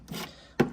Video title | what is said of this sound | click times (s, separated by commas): 2011 Volvo XC70 P3 - Replacing bulbs in the headlight housing | with a screwdriver push it in until it clicks | 0.6 s